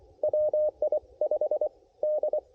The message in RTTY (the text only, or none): none